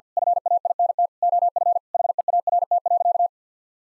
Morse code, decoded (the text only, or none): FAINT OF HEART.